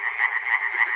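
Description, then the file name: Frogs croaking together, a short snatch of continuous pulsed rattling calls. Frogs recorded at Chernobyl. "peter cusack-chernobyl frogs"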